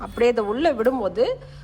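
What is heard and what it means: A loaded bobbin case is pushed toward the bobbin holder of a sewing machine, but it has not clicked or seated yet. Someone talks throughout, and the clip ends just before the part locks into place, a click that would mean the bobbin is set correctly.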